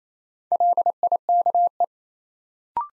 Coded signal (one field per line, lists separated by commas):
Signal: Morse code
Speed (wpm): 27 wpm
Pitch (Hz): 700 Hz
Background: none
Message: LIKE